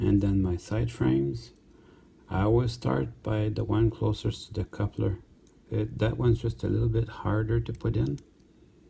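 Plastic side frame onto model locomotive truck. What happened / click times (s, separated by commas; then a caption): Handled, no seating click yet / none. Someone talks while handling the plastic side frames of a truck on an N scale Bachmann Plus F7 locomotive being repaired for broken gears, starting with the frame closest to the coupler, which is a little harder to put in. Faint handling sounds sit beneath the talking. Nothing has seated or clicked yet.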